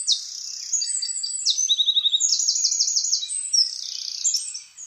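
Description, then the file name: Eurasian wren song: continuous high, piercing trills and fast rattles changing pitch from phrase to phrase throughout. "Troglodytes troglodytes"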